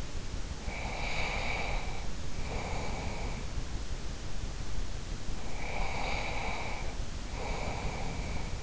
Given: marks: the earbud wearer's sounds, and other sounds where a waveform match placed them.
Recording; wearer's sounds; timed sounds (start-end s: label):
sounds in sleep by an in-ear microphone; breath
0.59-3.42 s: breath
5.35-8.63 s: breath